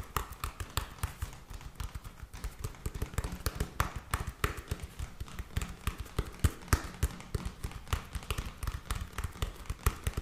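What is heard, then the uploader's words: Rapid tapping fills the whole ten seconds, a dense stream of sharp, clicky hits that overlap and never pause. The taps land unevenly, some louder and brighter than others, with a low thump under many of them and a faint steady hum behind. Tapping Overload.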